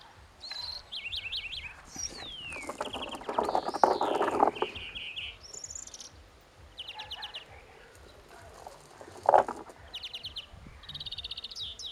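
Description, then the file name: European greenfinch calls: clipped trills of quick notes, a drawn-out sliding note, and more trill bursts, with loud rustling noise in the middle. "Chloris chloris"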